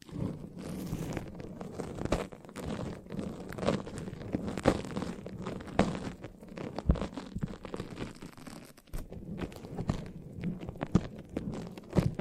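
Foamy, sticky squishing sounds from a massage, with soft wet crackles and squelches running throughout. Sharp clicks and pops come every second or so over a dense, low, churning bed that swells and fades. A brief quieter dip falls near the nine-second mark.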